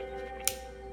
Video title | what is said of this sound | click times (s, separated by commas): Canon EOS 90D Unboxing & First Impressions - Best Camera for YouTube Creators in 2025? | You heard that? That's the click to tell you that the lens is on | 0.5 s